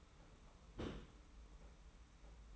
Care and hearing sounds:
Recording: daily activity, microphone in the room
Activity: place on stove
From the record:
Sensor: 1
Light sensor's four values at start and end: 36/117/46/47 and 36/117/46/47

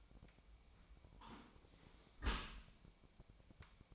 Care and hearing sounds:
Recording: daily activity, microphone in the room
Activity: close dishwasher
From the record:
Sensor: 1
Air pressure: 1003.1 hPa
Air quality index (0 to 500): 197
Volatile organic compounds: 6 ppm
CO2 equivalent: 1882 ppm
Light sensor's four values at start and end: 28/69/29/35 and 28/69/29/36

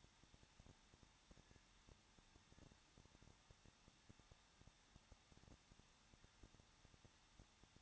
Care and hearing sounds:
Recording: daily activity, microphone in the room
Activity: no activity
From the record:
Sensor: 3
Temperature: 21.2 degrees Celsius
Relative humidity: 36.3%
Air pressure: 1006.3 hPa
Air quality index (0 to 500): 221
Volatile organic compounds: 40 ppm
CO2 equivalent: 3151 ppm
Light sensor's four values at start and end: 2/3/2/2 and 2/3/2/2

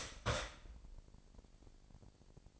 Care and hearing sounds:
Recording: daily activity, microphone in the room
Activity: start toaster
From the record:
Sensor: 5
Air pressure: 1007.3 hPa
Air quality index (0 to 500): 121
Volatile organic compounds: 1 ppm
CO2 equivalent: 924 ppm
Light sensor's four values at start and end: 26/60/25/26 and 26/61/25/26

